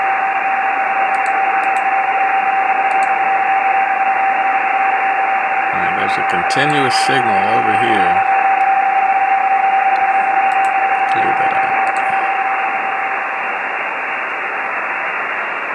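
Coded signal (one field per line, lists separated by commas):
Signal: PSK31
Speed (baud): 31.25 baud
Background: speech, radio noise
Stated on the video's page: Parks on the Air activation with an FDX10, Palomar Bullet 71ft end-fed antenna and MFJ-16010 manual tuner.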